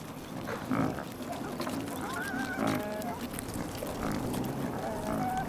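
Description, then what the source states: Pig grunting in brief low bursts, with thin squeaky notes and chewing noises in the background. Piglets eating vegetables.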